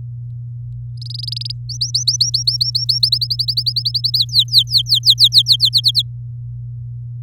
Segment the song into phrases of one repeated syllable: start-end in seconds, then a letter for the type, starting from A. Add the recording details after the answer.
0.97-1.52 A, 1.69-2.99 B, 3.03-4.18 C, 4.18-5.56 D, 5.60-6.02 E. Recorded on 4 May 2018 at 09:18. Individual llb16